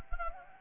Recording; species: mosquito wingbeat signal from an infrared sensor; Anopheles gambiae